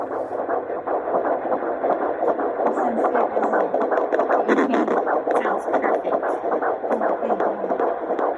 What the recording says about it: She could do the Doppler on my belly. My baby's incredible heartbeat. The heartbeat is perfect and that those staticky noises you hear every now and again are the sound of the baby kicking. 16 weeks and 2 days pregnant.